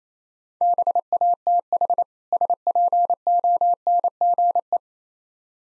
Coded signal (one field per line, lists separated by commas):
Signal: Morse code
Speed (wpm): 27 wpm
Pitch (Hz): 700 Hz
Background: none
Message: BATH SPONGE